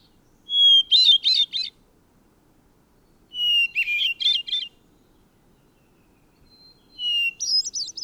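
Bird giving three song phrases, each starting with a high sustained whistle and ending in a fast, buzzy run of notes.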